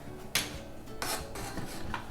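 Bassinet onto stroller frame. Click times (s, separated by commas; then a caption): 0.4 s. An UPPAbaby bassinet is set onto the frame of an UPPAbaby CRUZ stroller and clicks into place, with a sharp click at 0.4 s. Rubbing and scraping follow, with a longer broadband burst near 1.0 s and short, bright ticks near 1.9 s and 2.1 s. The bassinet is seated on the stroller.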